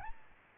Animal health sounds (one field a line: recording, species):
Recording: mosquito wingbeat signal from an infrared sensor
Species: Aedes albopictus